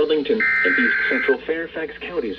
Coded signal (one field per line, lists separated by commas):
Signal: Emergency Alert System (SAME) tones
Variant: header bursts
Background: speech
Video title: EAS 347 SVR